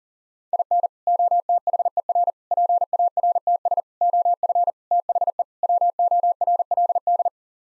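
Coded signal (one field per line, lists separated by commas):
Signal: Morse code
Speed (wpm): 38 wpm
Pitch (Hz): 700 Hz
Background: none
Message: IN OTHER PARTS OF THE WORLD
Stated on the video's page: Morse code head-copy drill at 40 wpm, sending common English six-word groups, each sent, spoken, then sent again.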